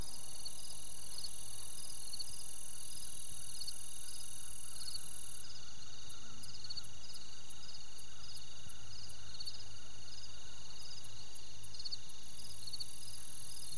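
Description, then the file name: Crickets chirping: steady high pulsed trills with a constant insect drone, plus a long, regular ticking series in the upper range through the second half. "Crickets Grasshoppers Birds"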